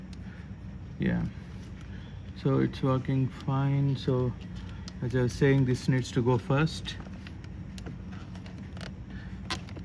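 On a Lexus LS430 being worked on for a speaker replacement, a door panel trim clip is placed into the car door and positioned to find where the clamp gap is, without being pressed home. Someone talks over steady background hum, followed by a few faint, short handling taps between about 7.3 and 9.7 seconds. Nothing has snapped or clicked into place yet.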